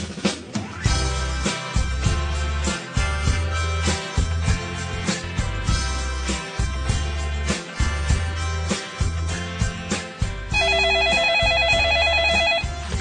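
A telephone rings near the end with a steady, trilling electronic tone, after about ten seconds of loud rhythmic music with a pulsing low beat that could hide the dialing. The call is being placed to Bohemia.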